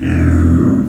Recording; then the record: squeal of a Yucatan mini pig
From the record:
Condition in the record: after surgery on the right vocal fold (resection and tissue-engineered implant); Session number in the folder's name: 6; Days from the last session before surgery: 40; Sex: female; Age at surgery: 19 weeks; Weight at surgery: 25 kg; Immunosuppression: prednisolone